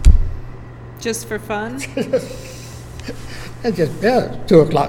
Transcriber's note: chuckling